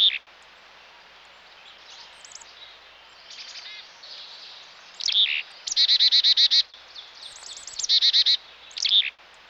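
Chickadee calling repeatedly: scattered faint notes at first, then loud bursts of rapid buzzy dee notes, each series opened by high, fast descending introductory notes.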